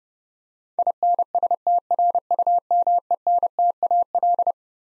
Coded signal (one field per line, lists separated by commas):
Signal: Morse code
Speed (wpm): 30 wpm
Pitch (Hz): 700 Hz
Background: none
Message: INSTRUMENTAL